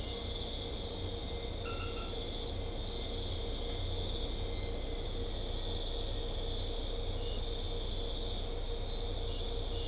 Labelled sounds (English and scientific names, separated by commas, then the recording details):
none
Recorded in secondary vegetation near Puerto Asís, Putumayo, Colombia, on 21 December 2024 at 01:30
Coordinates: 0.500, -76.326
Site G065